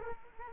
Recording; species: mosquito wingbeat signal from an infrared sensor; Culex quinquefasciatus